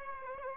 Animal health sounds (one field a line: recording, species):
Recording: mosquito wingbeat signal from an infrared sensor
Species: Aedes aegypti